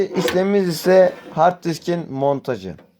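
A hard disk is being handled and set into the drive bay of a PC case while someone talks throughout. No knock or click is heard, and nothing has seated yet by the end of the clip.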